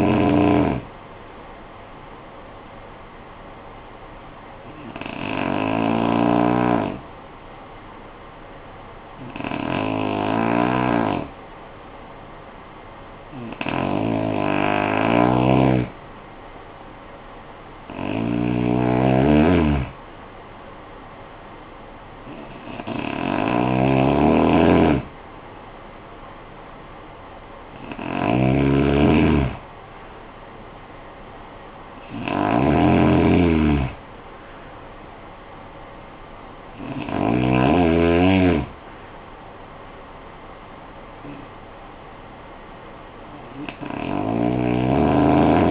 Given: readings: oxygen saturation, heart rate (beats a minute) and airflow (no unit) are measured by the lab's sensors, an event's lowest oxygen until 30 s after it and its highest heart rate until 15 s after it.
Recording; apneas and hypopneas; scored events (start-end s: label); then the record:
breathing in sleep by a voice recorder at the bedside; 1
3.00-19.50 s: hypopnea (REM, oxygen 96% highest, then 90% lowest, heart rate 52 at the start, 64 highest)
From the record:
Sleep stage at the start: REM sleep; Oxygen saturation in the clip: 90 to 96%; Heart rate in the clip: 52 to 64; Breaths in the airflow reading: 9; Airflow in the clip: -13.6 to 13.3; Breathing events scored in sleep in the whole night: 445 in 7.6 hours asleep